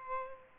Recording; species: mosquito wingbeat signal from an infrared sensor; Aedes albopictus